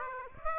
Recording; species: mosquito wingbeat signal from an infrared sensor; Aedes aegypti